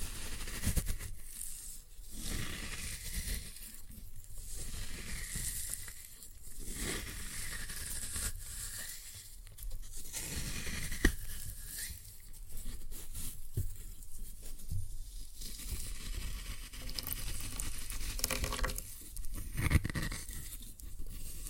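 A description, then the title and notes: Floral foam being crushed, with dense crackling and crunching that runs throughout at a fairly even level. The texture swells and thins in rough waves every two to three seconds, with sharper snaps near 11 and 20 seconds and a low rumble underneath. Floral Foam Glitter Bomb Crushing.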